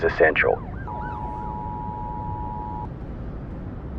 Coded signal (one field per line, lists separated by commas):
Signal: Emergency Alert System (SAME) tones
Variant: 853 and 960 Hz attention tone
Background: speech